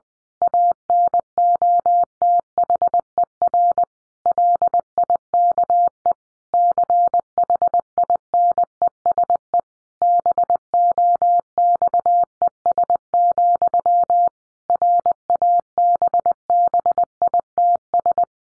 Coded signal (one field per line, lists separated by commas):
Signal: Morse code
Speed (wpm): 20 wpm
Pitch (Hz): 700 Hz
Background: none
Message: ANOTHER LIKE CHINESE BOXES, RABBITS